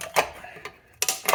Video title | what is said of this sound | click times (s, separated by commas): 05 Jeep Laredo Rear Disc & Park Brake Shoe Replacement | so that popped into place | 1.0 s